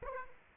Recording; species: mosquito wingbeat signal from an infrared sensor; Aedes aegypti